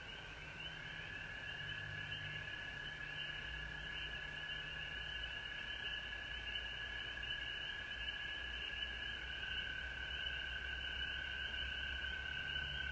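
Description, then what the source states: Frog chorus of overlapping trills, unbroken, with a low humming rumble underneath for much of it. Frog chorus recorded at home in Georgia on March 19, 2020.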